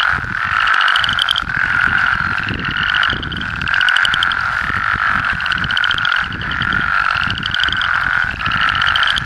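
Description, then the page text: Plains spadefoots calling together, a constant wall of buzzy pulsed croaks at similar pitch, with faint low rumble. Arkansas. "Herps of Arkansas: Plains Spadefoot (Spea bombifrons)"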